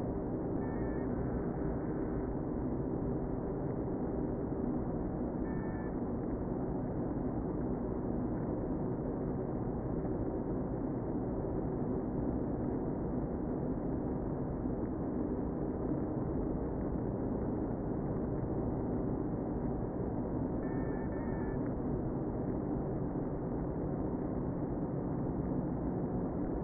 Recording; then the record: honeybee colony, microphone inside the hive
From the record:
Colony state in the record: queen present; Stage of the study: before two queens were removed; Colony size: about 60,000 bees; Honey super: yes